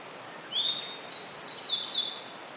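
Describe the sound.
Grey bunting song: a thin, high, level whistle followed by four quick descending notes, over a soft hiss.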